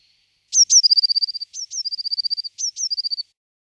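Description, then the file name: Eurasian blue tit song: three phrases, each two sharp high notes followed by a fast, even trill, repeated about once a second. "Blamejse"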